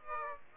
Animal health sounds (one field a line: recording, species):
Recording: mosquito wingbeat signal from an infrared sensor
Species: Aedes aegypti